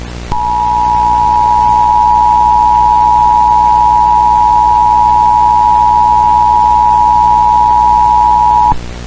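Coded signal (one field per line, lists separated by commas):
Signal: Emergency Alert System (SAME) tones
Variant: 853 and 960 Hz attention tone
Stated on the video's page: Simulated EAS scenario, not a real alert.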